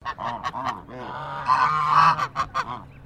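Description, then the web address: Chinese goose honking, a run of loud nasal honks with harmonic bands, some close together and one drawn-out stretch in the middle. "Sound Effects-Foundation 1 BIRD GEESE CHINESE HONK"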